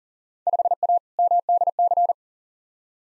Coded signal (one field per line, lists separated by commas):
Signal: Morse code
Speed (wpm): 38 wpm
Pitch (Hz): 700 Hz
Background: none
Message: 5A MDC